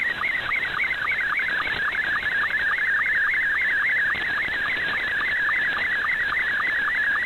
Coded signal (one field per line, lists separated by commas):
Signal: SSTV (slow-scan television)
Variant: Scottie 2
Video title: Recap of Pirate Radio Activity Saturday 10 September 2022